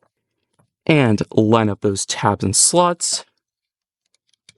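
Someone talks while lining up the plastic tabs and slots on a Transformers Age of the Primes Wave 2 Voyager Class RID 2001 Skybyte action figure during its transformation, then presses them together. After the talking stops, several faint, small plastic clicks follow, with the loudest at 4.5 s as the tabs seat into their slots.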